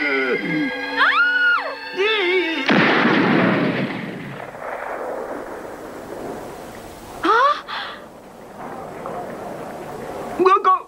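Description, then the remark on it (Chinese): In the 1987 TVB Cantonese City Hunter cartoon, a single loud gunshot bursts out after a few seconds of wavering tones, its crash trailing off in a long rumbling decay, followed by people speaking and a couple of brief sharp knocks. “你咁都开枪啊！”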